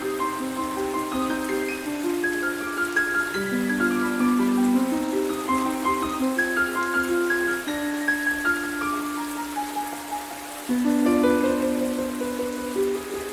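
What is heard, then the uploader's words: Steady rain patters throughout under gentle music: soft sustained low chords that shift every second or two, with light bell-like notes ringing above. The music thins briefly around ten seconds, then a fuller chord returns. Soothing RAINSTORM and Gentle MUSIC.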